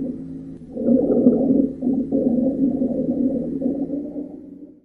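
Low-pitched, rumbling, snoring-like continuous sounds swell through two or three breath phases, with coarse gurgling texture, heard over an adult's lungs. These are rhonchi, a sign of secretions or narrowing in the larger airways.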